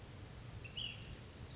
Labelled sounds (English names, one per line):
Ash-throated Flycatcher